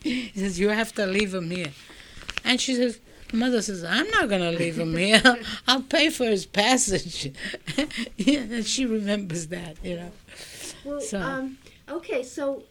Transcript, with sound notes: He says, "You have to leave him here." And she says, my mother says, "I'm not going to leave him here. I'll pay for his passage." ( she laughs ) She remembers that, you know.
Okay, so